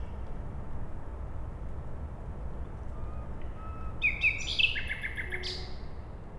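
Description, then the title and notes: Common nightingale song: a short phrase of sharp clicks and a brief buzzy rattle after a quiet stretch, over a low rumbling background. At night beside a road, Siemianowice Śląskie, Poland, 20 May 2019; Zoom H5 and Audio-Technica BP4025. "Bohaterów Westerplatte, 41-106 Siemianowice Śląskie, Polska - Nightingale. Poniedziałek, 20 maja 2019. Noc. Słowik przy drodze. Nagrania terenowe Siemianowic Śląskich - Dźwiękowy Portret Miasta"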